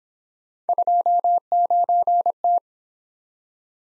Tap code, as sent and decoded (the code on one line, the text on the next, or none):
none